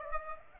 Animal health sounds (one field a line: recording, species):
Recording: mosquito wingbeat signal from an infrared sensor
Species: Aedes aegypti